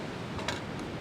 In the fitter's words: pops right in and out of the gun